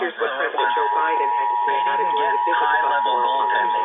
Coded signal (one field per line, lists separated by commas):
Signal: Emergency Alert System (SAME) tones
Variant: 853 and 960 Hz attention tone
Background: speech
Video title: EAS 3292-3296: Pennsylvania Required Monthly Test for May 2022